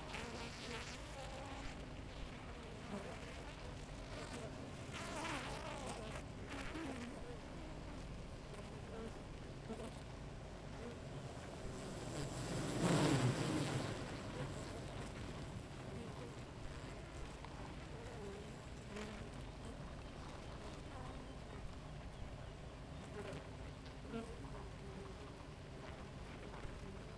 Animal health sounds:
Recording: honeybee colony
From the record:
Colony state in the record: active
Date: 28 July 2017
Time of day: 5:09

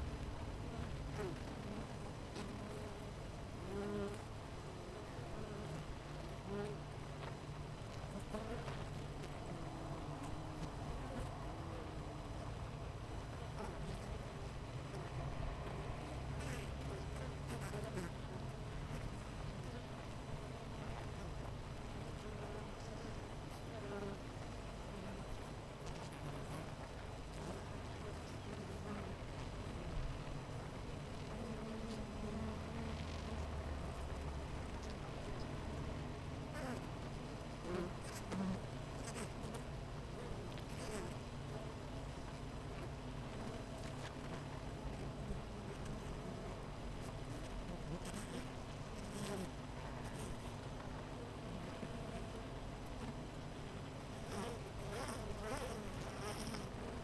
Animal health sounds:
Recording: honeybee colony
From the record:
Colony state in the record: missing queen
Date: 14 July 2017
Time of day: 8:17

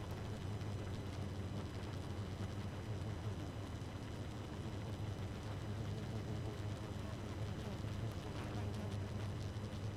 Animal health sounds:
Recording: honeybee colony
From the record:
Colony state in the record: active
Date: 12 June 2018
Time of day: 2:23

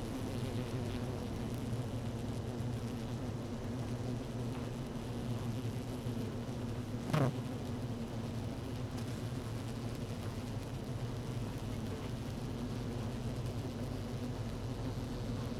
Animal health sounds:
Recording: honeybee colony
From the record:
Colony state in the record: active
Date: 12 June 2018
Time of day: 17:14

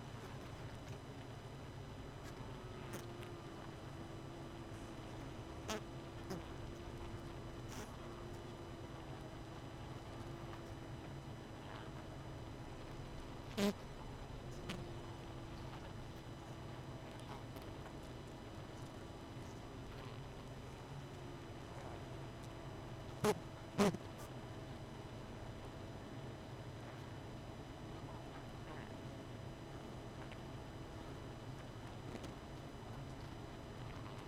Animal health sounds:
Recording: honeybee colony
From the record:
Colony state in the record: missing queen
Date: 31 May 2018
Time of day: 23:44

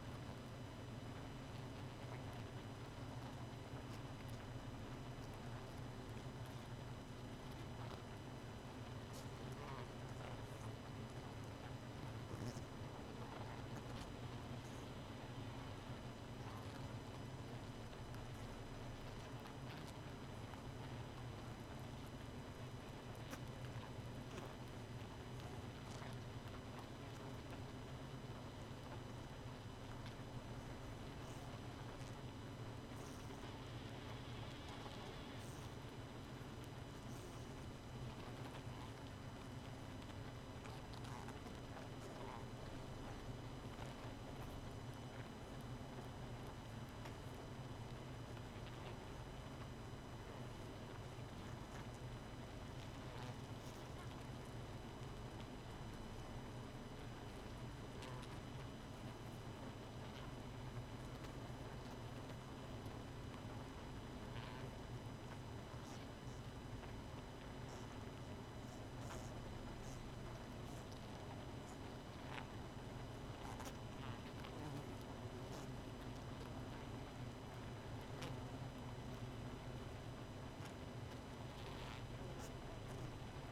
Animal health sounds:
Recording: honeybee colony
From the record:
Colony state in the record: missing queen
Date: 31 May 2018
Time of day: 0:25

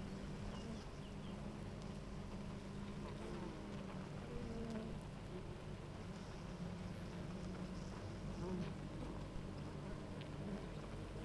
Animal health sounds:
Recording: honeybee colony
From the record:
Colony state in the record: active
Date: 28 July 2017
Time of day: 9:49

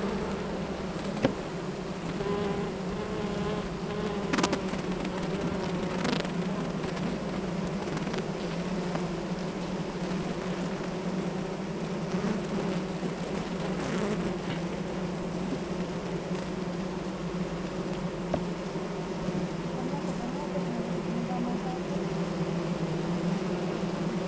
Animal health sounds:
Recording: honeybee colony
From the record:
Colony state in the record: active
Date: 28 July 2017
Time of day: 8:15

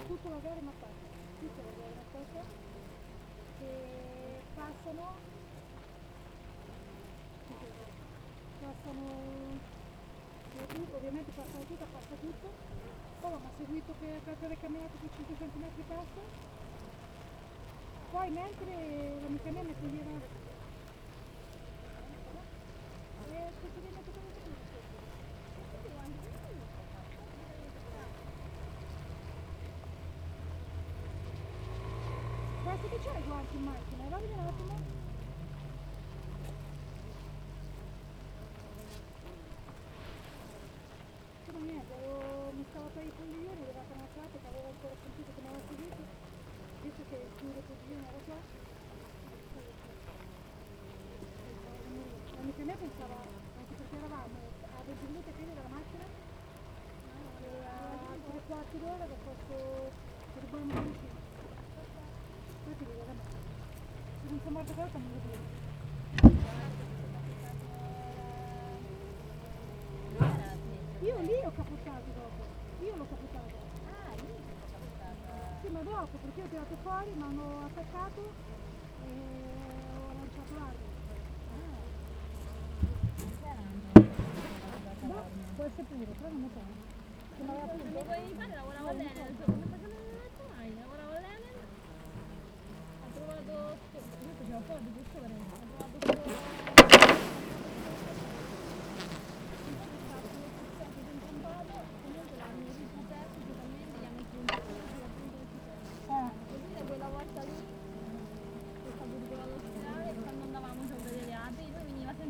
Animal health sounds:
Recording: honeybee colony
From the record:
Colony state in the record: active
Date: 28 July 2017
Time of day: 7:55

